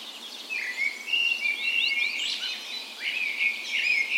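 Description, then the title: Birds in a dawn chorus, several songsters singing together with clear whistled phrases, quick rising chirps and thin high trills layered over one another. Spring dawn chorus recorded on the morning of 17 May, Norway's National Day, in a park west in Bergen, Norway; Sony PCM A10 recorder with LOM micro Usi microphones as tree ears. "17th Of May Dawn Chorus"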